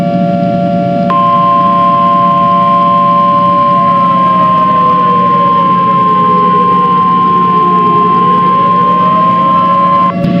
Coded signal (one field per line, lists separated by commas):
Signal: Emergency Alert System (SAME) tones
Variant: 1050 Hz attention tone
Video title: Eas scenario 1 Duolingo owl